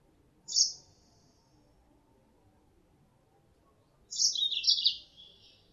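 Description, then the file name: Mozambique canary calls, a brief high chirp followed a few seconds later by a longer bright twittering phrase that falls slightly. Female Mozambique canary; lure sound used to attract birds. "suara pancingan mozambik betina"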